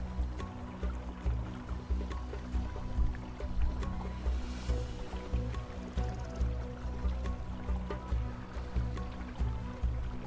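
Distant music with a heavy, pulsing bass beat and sustained tones plays steadily, with scattered clicks and a faint watery wash underneath.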